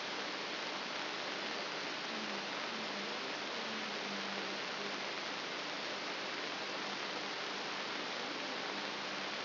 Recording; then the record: brain microelectrode recording played as sound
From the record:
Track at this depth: outside the subthalamic nucleus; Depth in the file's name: 6.301 mm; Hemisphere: left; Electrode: 3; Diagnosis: Parkinson's disease